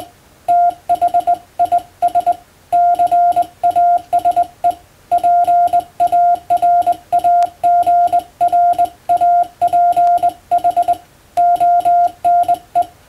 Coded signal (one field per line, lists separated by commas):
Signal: Morse code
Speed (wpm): 21 wpm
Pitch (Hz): 700 Hz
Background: none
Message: THIS CASE PARAGRAPH ONE